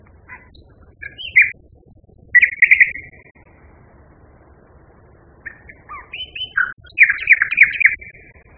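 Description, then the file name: Common nightingale song in two bursts of varied chattering and squeaky high notes, separated by a pause of a few seconds. Song, variation 3. "kicauan-nightingale-b-variasi 3-omkicau"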